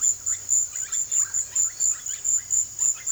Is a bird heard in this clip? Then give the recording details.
yes. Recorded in pastures near Puerto Asís, Putumayo, Colombia, on 24 March 2025 at 17:00. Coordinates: 0.487, -76.322. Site G077